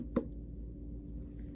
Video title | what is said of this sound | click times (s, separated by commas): How To Use Topi-CLICK Perl® | you listen carefully you should hear a click next | 0.2 s